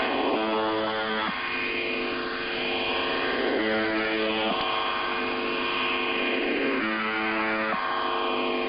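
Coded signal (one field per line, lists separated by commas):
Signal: channel marker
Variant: UVB-76 (The Buzzer)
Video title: [Old Recording] The Buzzer/UVB-76 Weird Sound Transmission 01/07/2023 16:11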